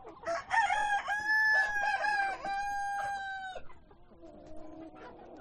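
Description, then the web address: Chicken: rooster's crow in several broken phrases, holding steady then cutting off, followed by softer, lower sounds. Hens and roosters at a poultry farm. "granja avicola sonidos de gallinas y gallos"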